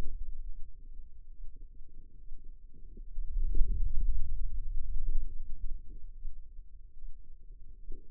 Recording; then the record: forearm muscle sounds (acoustic myography)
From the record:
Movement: hand opening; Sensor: system 2, bracelet of six BSWA MPA416 microphones around the upper forearm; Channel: 6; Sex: female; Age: 25 years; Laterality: right